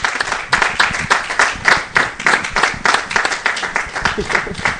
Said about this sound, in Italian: Un applauso.